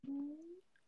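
A brief squeaky, tonal sound that rises slightly in pitch over about half a second. It is an uncontrollable passing of wind or a stomach noise from an adult, heard just after dinner.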